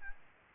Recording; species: mosquito wingbeat signal from an infrared sensor; Aedes albopictus